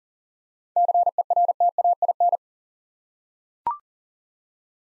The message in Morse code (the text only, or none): CERTAIN